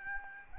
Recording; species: mosquito wingbeat signal from an infrared sensor; Aedes albopictus